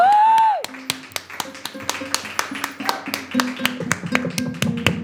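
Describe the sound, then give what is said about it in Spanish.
Rhythmic clapping by an audience in a quick, steady beat of sharp individual claps, following a brief sustained tone at the start, with faint voices underneath. “Yo sola acá con el público aplaudiendo.”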